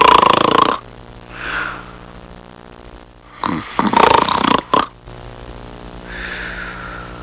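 Loud, buzzing, rattling snores on the in-breath alternate with softer, airy breaths out, about one cycle every three to four seconds, roughly 17 breaths a minute. Ordinary snoring.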